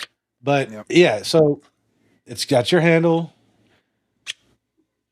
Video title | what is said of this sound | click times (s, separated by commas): Weekend Warriors Live — War, Media Lies, and Why Everyone’s Losing Their Minds | that locks in place, right? | 4.3 s